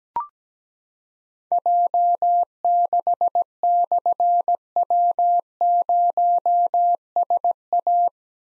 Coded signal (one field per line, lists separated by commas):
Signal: Morse code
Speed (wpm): 17 wpm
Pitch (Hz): 700 Hz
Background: none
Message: J6/W0SA